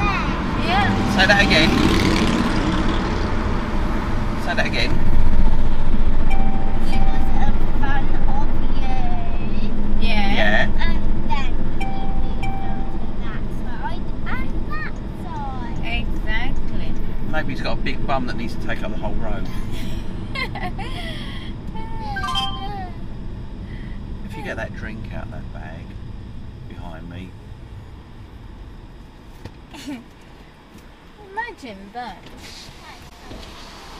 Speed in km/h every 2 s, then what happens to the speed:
68, 68, 68, 64, 61, 60, 56, 55, 47, 35, 27, 21, 16, 10, 0, 0, 0.
4-28 slows to 0. 28-34 standing.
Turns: none.